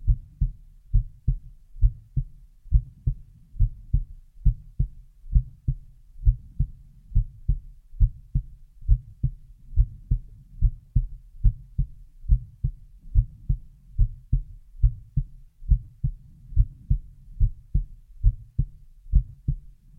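An adult heartbeat alone, with no other sounds: steady, low-pitched thumps at about 69 beats per minute.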